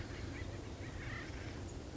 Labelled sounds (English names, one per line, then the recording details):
Acorn Woodpecker
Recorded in Sonoma County, California